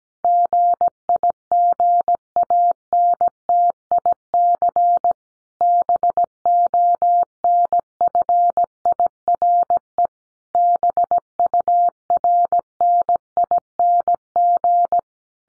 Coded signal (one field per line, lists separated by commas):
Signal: Morse code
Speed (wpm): 17 wpm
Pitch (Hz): 700 Hz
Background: none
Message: GIGANTIC BONFIRE BURNING